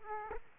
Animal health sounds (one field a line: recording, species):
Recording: mosquito wingbeat signal from an infrared sensor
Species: Aedes aegypti